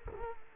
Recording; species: mosquito wingbeat signal from an infrared sensor; Culex quinquefasciatus